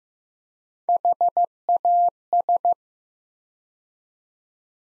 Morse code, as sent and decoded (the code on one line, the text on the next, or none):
.... .- ...
HAS